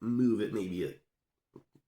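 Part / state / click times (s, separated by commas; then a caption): hop-up BB catch in an airsoft rifle / seated / 1.6 s. Someone talks for about the first second, then the hop-up assembly on a 3D-printed AR-18 AEG airsoft rifle is nudged about half a millimetre. A short, faint click at 1.6 s marks the hop-up BB catch clicking back into place and re-engaging.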